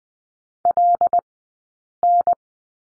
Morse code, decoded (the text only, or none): LN